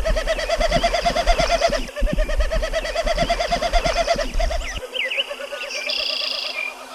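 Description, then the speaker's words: Snipe winnowing: a fast pulsing, hollow fluttering hum lasting several seconds, then stopping; brief thin bird calls follow. Winnowing from wind through stiff, spread tail feathers as it dives in noisy aerobatic display overhead; eerie, ethereal fluttering; grassland at sunrise in thick mist, North America. "And so it makes the fluttering sound you hear when it dives."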